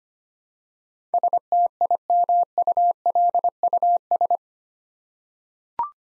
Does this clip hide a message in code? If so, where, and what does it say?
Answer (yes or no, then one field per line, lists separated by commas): yes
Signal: Morse code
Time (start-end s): 1.1-4.4 s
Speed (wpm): 25 wpm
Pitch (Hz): 700 Hz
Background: none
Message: STIMULUS